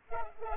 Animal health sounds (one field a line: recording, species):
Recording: mosquito wingbeat signal from an infrared sensor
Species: Culex pipiens